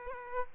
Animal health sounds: mosquito wingbeat signal from an infrared sensor; Culex quinquefasciatus

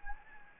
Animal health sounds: mosquito wingbeat signal from an infrared sensor; Anopheles gambiae

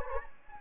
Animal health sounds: mosquito wingbeat signal from an infrared sensor; Anopheles gambiae

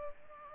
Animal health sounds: mosquito wingbeat signal from an infrared sensor; Culex pipiens

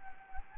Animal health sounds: mosquito wingbeat signal from an infrared sensor; Anopheles gambiae

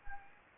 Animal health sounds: mosquito wingbeat signal from an infrared sensor; Anopheles gambiae

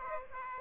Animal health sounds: mosquito wingbeat signal from an infrared sensor; Aedes aegypti

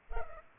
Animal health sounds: mosquito wingbeat signal from an infrared sensor; Culex pipiens

